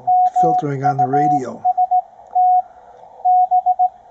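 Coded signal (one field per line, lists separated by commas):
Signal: Morse code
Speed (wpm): 17 wpm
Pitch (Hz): 730 Hz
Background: speech, radio noise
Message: MUST B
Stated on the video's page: Received on a Ten-Tec Omni VI with a Timewave DSP-9 filter reducing noise.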